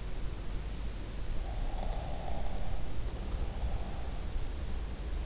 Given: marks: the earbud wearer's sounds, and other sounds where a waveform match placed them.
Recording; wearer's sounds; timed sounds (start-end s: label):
sounds in sleep by an in-ear microphone; snoring breath
1.40-4.78 s: snoring breath